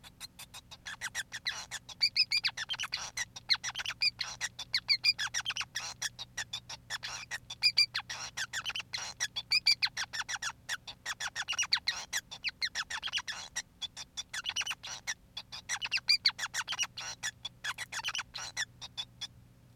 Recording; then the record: song of a male Bengalese finch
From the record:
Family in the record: son of father 5